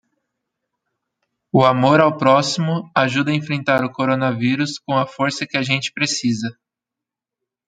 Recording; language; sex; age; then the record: spoken sentence; Brazilian Portuguese; female; 30 to 39 years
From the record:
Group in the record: control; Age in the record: 31 years